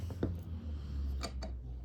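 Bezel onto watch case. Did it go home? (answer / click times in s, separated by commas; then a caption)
no / none. A vintage Seiko watch bezel is aligned with the metal case and handled by hand before being pressed down. Only faint light ticks and handling taps are heard over a low steady hum. Nothing has seated or clicked yet.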